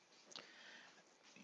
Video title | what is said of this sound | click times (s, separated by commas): Chuck's Reviews Transformers Legends Armada Starscream Super Mode | will snap into place here | 0.4 s